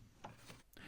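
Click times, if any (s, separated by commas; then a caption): 0.2 s, 0.8 s. The driver pulls the interior bonnet release lever, left of the pedals, on a Seat Ibiza. The bonnet latch releases with a sharp click at 0.2 s and another at 0.8 s. The bonnet is unlocked.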